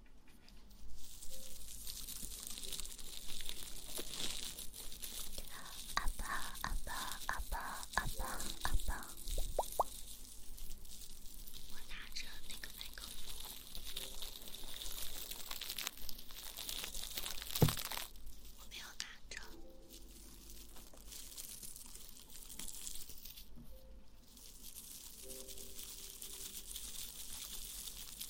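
Soft kissing sounds and close mouth noises, with a steady hiss of rustling underneath throughout. Short clicky smacks and crinkles cluster between about five and ten seconds, then come more sparsely, with a sharp pop near eighteen seconds.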